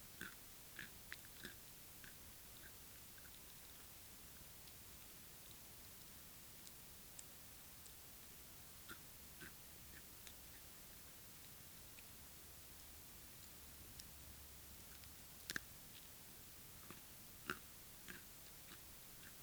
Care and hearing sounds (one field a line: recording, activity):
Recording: daily activity, guitar pickup as the sensor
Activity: eat